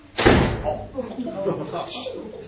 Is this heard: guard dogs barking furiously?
no